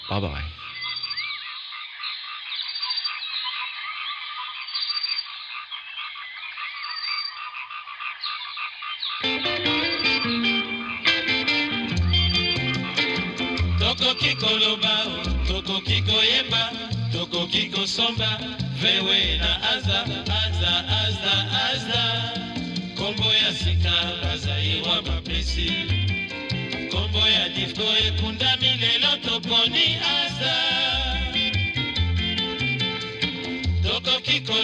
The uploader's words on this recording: A 56 minute radio show broadcast in Bristol UK. Congolese Rumba and Tropical Birdsong. Throughout the radio show are the sounds of tropical birds recorded by Jean Roché.